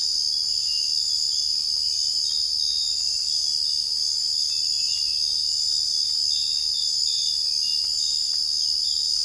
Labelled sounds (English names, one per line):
none